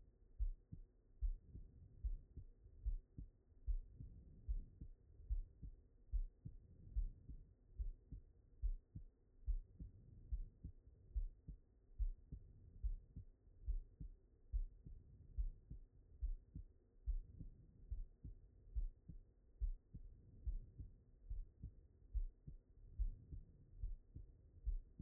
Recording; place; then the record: heart sounds by stethoscope; aortic valve (AV)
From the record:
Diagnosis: non-HFrEF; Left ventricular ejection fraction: 62%